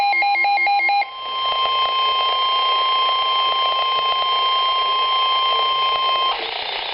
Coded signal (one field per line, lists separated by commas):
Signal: Emergency Alert System (SAME) tones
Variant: 1050 Hz attention tone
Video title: EAS MOCK: NWRgeek's blizzard event (April Fools 2012)